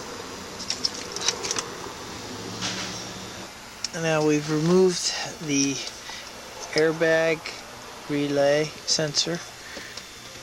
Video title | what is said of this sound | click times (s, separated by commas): mercvideo-part5 of 8 | And just snaps right in that groove. | 0.9 s